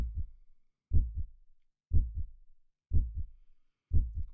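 Regular adult heartbeat at about 60 beats per minute, with normal heart sounds in a steady lub-dub pattern, used in a meditation.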